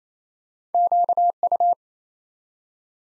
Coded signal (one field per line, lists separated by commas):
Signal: Morse code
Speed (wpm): 29 wpm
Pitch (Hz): 700 Hz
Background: none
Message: QU